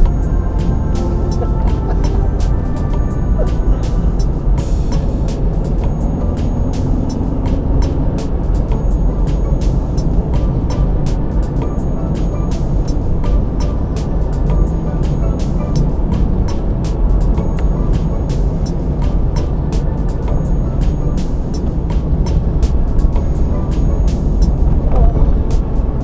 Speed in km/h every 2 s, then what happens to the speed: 44, 42, 44, 47, 50, 50, 52, 50, 50, 50, 47, 45, 42.
3-8 speeds up to 50. 8-18 steady at about 50. 18-23 slows to 42.